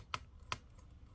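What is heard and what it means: The third heat sink screw on a Lenovo Legion 5 Pro 16ITH6 laptop is turned in reverse over the motherboard's threaded standoff until it drops into the start of its thread. Two short, sharp clicks sound at 0.1 s and 0.5 s over a quiet background. The screw is seated in its thread.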